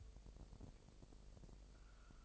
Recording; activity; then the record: daily activity, microphone in the room; take from stove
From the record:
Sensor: 5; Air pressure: 999.5 hPa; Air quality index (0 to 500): 221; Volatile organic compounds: 20 ppm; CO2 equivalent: 2703 ppm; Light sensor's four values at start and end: 30/68/28/28 and 31/70/29/28